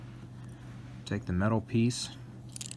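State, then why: Not seated. Someone talks while handling the metal emergency key blade of a Mercedes-Benz smart key fob during a battery replacement, about to slide it back into the fob's plastic housing. Faint, quick metallic ticks from the handling come near 2.6–2.7 s, but the blade has not yet latched into the fob, and nothing has seated or clicked.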